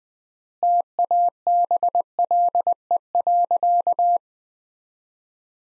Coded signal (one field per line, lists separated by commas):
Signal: Morse code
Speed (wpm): 20 wpm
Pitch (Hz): 700 Hz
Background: none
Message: TABLE.